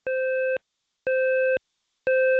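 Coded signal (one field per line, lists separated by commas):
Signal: alarm pattern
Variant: Potter voice evacuation panel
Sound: three evenly spaced half-second buzzy alarm tones, the last cut off at the end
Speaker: There's my second round. >> May I have your attention, please? There has been a report of an emergency.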